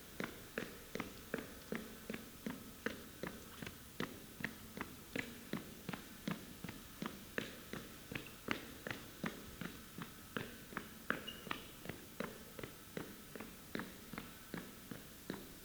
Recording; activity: daily activity, guitar pickup as the sensor; run